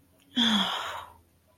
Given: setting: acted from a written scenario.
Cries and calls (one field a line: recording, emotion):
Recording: vocal sound without words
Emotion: distress